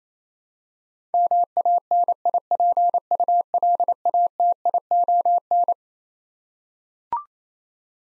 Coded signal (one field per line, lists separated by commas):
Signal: Morse code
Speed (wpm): 27 wpm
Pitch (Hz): 700 Hz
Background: none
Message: MANIPULATION